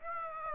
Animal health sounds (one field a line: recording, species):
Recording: mosquito wingbeat signal from an infrared sensor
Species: Aedes aegypti